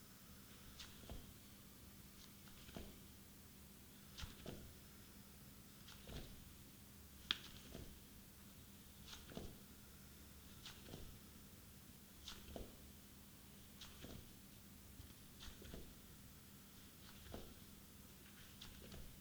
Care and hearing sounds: daily activity, guitar pickup as the sensor; jump

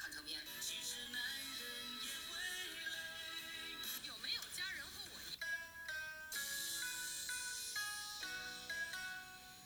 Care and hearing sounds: daily activity, guitar pickup as the sensor; browse video

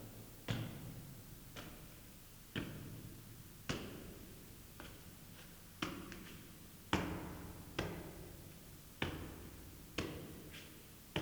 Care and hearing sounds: daily activity, guitar pickup as the sensor; go upstairs

